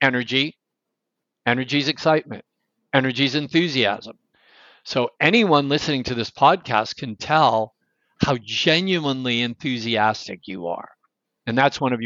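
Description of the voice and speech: A man speaks in short, energetic phrases with lively pitch and brief pauses between them, in a quiet room. His speech is fluent and clear, with no blocks, repeats or voice strain: ordinary adult speech.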